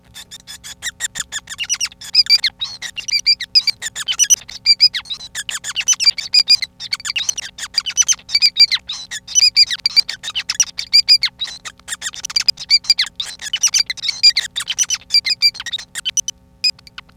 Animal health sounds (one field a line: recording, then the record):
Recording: song of a male Bengalese finch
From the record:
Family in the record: son of father 5